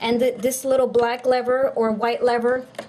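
A first RAM memory module is being handled into a DIMM slot on a Dell 320 desktop motherboard, where it gets pressed down until the plastic retention lever grips its side and pops. In this clip someone only talks, and the module has not yet seated or clicked.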